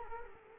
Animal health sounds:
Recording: mosquito wingbeat signal from an infrared sensor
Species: Culex quinquefasciatus

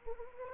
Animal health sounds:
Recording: mosquito wingbeat signal from an infrared sensor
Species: Anopheles arabiensis

